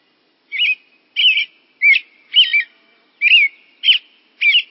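American robin singing seven short, rich, warbling whistled phrases.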